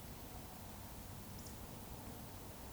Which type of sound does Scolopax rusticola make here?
whistle